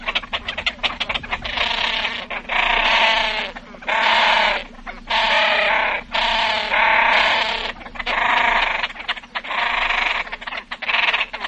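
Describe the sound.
Great crested grebe braying calls, a rapid ticking at the start, then a series of loud harsh nasal notes with brief pauses between them.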